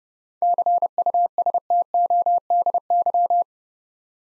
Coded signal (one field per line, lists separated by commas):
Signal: Morse code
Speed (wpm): 30 wpm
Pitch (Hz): 700 Hz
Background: none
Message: CUSTODY